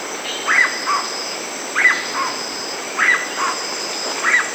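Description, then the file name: Black-bellied cuckoo calling, paired brief notes repeated at an even pace about every 1.2 seconds, with continuous insect buzzing behind. Recorded in Brazil and Bolivia. "Black-bellied Cuckoo (Piaya melanogaster), Brazil, Bolivia"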